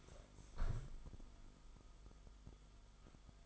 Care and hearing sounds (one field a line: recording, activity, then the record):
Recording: daily activity, microphone in the room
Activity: stand up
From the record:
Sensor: 5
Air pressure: 1005.1 hPa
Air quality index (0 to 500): 104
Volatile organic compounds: 2 ppm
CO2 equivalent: 1268 ppm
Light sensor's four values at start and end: 35/80/32/31 and 35/80/32/30